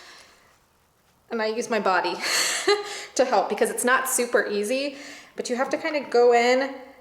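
A plastic spray-paint trigger handle is being pushed over the metal rim at the top of an aerosol paint can, with body pressure to help, while someone talks throughout after a quiet start. The handle is still being worked on and nothing has seated or clicked yet.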